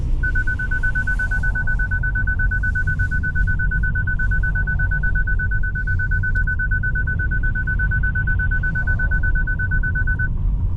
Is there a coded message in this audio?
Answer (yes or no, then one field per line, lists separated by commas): no